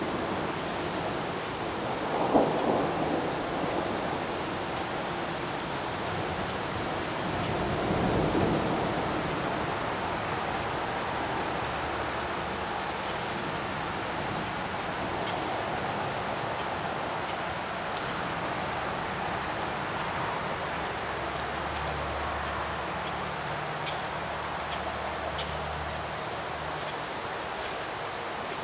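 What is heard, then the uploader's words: A windy thunderstorm in the distance: a steady, dense rush of rain and wind fills the whole clip. A low rumble swells around two seconds and again near eight, and a deep hum drifts in and out in the last ten seconds. Windy Thunderstorm in the Distance.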